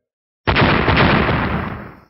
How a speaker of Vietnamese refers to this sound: Tiếng nổ lớn từ bốn phương tám hướng truyền đến, ảo thuật cấm chế do Hàng Lập thi triển lúc trước trong nháy mắt đã bị một cổ vô hình lực đánh cho tan rã.